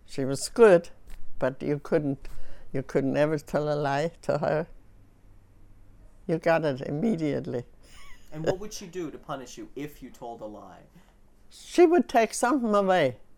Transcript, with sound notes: She was good, but you couldn't, you couldn't ever tell a lie to her. You got it immediately. (she laughs)
And what would she do to punish you if you told a lie?
She would take something away.